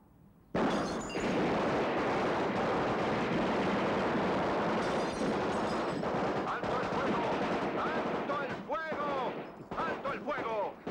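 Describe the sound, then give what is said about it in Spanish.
Sustained, dense gunfire crackles continuously for about ten seconds, a loud roar of rapid overlapping shots, with shouting voices breaking through near the end. “Locos disparando.”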